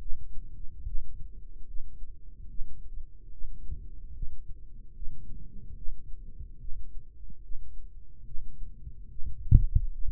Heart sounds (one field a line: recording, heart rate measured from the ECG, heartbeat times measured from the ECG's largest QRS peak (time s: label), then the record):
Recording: heart sounds by microphone in the right ear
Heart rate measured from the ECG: 73 bpm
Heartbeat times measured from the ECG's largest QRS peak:
0.85 s: heartbeat
1.66 s: heartbeat
2.48 s: heartbeat
3.31 s: heartbeat
4.14 s: heartbeat
4.94 s: heartbeat
5.76 s: heartbeat
6.59 s: heartbeat
7.42 s: heartbeat
8.25 s: heartbeat
9.10 s: heartbeat
9.92 s: heartbeat
From the record:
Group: healthy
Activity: cold pressor test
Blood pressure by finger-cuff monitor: 87/49 mmHg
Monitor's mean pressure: 62 mmHg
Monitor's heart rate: 72 bpm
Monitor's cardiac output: 4.2 L/min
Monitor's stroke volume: 58 mL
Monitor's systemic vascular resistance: 1000 dyn s/cm5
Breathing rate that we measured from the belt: 21 breaths a minute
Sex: male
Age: 55 years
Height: 167 cm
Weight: 57.2 kg